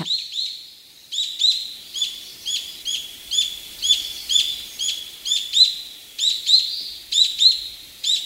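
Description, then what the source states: Brown-eared bulbul calls: sharp, high-pitched notes in pairs and triplets, repeated about every second with a slightly squeaky, rising quality. Recorded on Kamishima island, Mie Prefecture, Japan.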